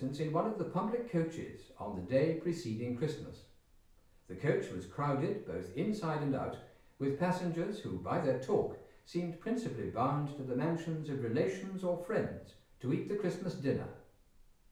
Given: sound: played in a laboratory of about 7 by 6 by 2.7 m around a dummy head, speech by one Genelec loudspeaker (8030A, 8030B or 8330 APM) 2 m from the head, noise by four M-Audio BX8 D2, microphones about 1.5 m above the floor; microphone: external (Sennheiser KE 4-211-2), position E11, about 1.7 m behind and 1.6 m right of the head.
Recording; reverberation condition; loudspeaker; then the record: male speech in English; medium; in front (0 degrees)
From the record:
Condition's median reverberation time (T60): about 510 ms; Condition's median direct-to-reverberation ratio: about -0.5 dB